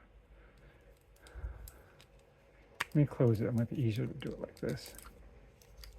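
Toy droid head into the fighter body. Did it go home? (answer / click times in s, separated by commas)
partly / 5.8 s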